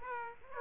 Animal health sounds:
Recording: mosquito wingbeat signal from an infrared sensor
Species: Aedes aegypti

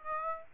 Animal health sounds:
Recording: mosquito wingbeat signal from an infrared sensor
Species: Aedes aegypti

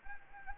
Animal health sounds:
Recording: mosquito wingbeat signal from an infrared sensor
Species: Anopheles arabiensis

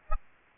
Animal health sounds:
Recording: mosquito wingbeat signal from an infrared sensor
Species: Aedes albopictus

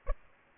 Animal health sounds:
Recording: mosquito wingbeat signal from an infrared sensor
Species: Aedes aegypti

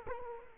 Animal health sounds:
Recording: mosquito wingbeat signal from an infrared sensor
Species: Culex quinquefasciatus

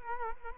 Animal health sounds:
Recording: mosquito wingbeat signal from an infrared sensor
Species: Culex quinquefasciatus

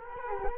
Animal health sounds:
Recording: mosquito wingbeat signal from an infrared sensor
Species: Culex quinquefasciatus

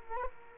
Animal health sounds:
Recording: mosquito wingbeat signal from an infrared sensor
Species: Culex quinquefasciatus

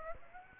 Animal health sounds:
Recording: mosquito wingbeat signal from an infrared sensor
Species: Aedes aegypti

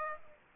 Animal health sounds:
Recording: mosquito wingbeat signal from an infrared sensor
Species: Aedes aegypti

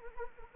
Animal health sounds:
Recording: mosquito wingbeat signal from an infrared sensor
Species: Anopheles arabiensis

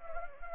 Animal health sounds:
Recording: mosquito wingbeat signal from an infrared sensor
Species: Anopheles gambiae

